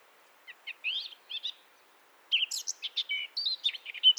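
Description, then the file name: Eurasian blackcap giving short warbled song bursts: a few scratchy chirps, a pause of about a second, then a louder run of quick varied notes. "Sylvia atricapilla"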